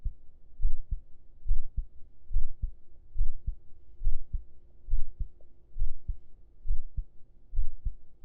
Laying on chest under shirt heartbeat.